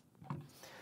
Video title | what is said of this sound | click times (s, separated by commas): How To Setup Your Eero Pro 6E | like so and you should hear a little click | 0.3 s